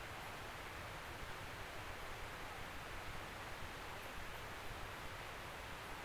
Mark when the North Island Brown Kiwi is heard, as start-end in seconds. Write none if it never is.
none